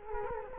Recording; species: mosquito wingbeat signal from an infrared sensor; Culex quinquefasciatus